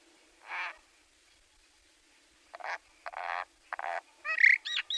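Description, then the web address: Myna calls: a varied run of harsh, croaking and gurgling notes that grows busier and louder toward the end, with a short clear whistle near the close. "soud Majna"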